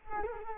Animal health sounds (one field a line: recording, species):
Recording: mosquito wingbeat signal from an infrared sensor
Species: Culex quinquefasciatus